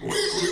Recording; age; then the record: pig call; weaner (32 to 43 days)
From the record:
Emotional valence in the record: negative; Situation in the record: long isolation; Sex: female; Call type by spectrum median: low-frequency call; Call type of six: high-frequency stable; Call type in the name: high-frequency stable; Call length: 0.52 s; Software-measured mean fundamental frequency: 378 Hz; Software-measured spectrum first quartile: 455 Hz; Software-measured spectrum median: 1872 Hz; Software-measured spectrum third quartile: 4773 Hz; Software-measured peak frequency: 372 Hz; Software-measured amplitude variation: 115 dB a second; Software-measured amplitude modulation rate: 21.4 a second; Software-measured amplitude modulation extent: 5.4 dB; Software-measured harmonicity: 3.7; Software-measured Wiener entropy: -2.44